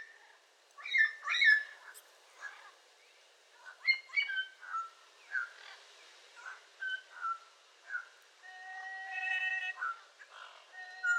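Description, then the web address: Yellow-crowned amazon calling: harsh, harmonic squawks in irregular bursts, then steady whistled notes held for about a second near the end. "sound yellow-crowned-amazon. صدای-پرنده-آمازون-تاجزرد"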